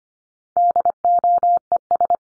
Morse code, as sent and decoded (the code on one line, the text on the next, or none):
-.. --- . ...
DOES